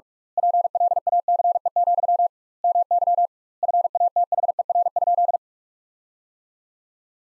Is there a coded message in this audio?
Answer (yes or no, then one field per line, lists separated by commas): yes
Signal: Morse code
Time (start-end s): 0.4-5.4 s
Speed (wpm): 46 wpm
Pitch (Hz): 700 Hz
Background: none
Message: PLACE, MY FATHER?